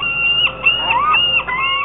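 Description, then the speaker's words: Gull calls, several loud, drawn-out mewing cries with downward-bending ends. "It's easy to dismiss them as just seagulls, but there are actually more than 15 gull species in the region"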